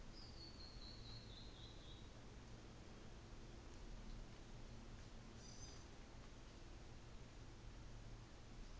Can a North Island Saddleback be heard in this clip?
no